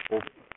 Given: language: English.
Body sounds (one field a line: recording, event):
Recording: throat vibration sensor signal played as sound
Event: speech